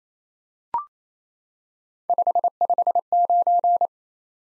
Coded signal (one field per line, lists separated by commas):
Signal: Morse code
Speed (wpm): 28 wpm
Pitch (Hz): 700 Hz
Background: none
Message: 559